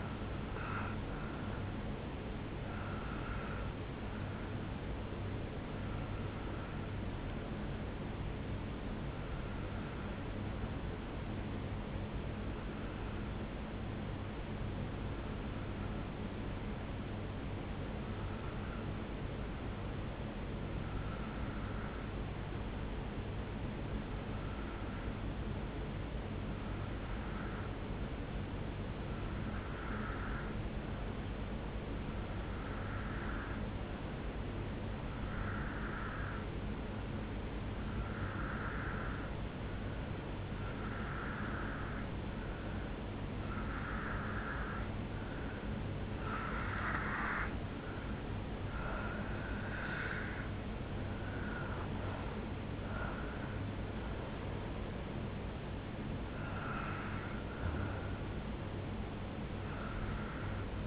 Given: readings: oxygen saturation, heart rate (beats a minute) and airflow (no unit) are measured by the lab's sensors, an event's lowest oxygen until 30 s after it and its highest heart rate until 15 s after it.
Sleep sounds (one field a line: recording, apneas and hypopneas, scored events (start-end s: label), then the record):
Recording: breathing in sleep by a voice recorder at the bedside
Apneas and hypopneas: 1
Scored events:
11.00-50.30 s: hypopnea (N1, oxygen 96% highest, then 88% lowest, heart rate 64 at the start, 77 highest)
18.00-48.00 s: new sleep stage, N2 (light sleep)
48.00-60.87 s: new sleep stage, N1 (lightest sleep)
From the record:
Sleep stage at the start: N1 (lightest sleep)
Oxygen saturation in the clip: 89 to 96%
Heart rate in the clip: 62 to 78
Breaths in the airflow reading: 19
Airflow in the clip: -8.5 to 5.6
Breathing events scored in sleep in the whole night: 449 in 7.0 hours asleep